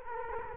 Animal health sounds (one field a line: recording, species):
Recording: mosquito wingbeat signal from an infrared sensor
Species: Culex quinquefasciatus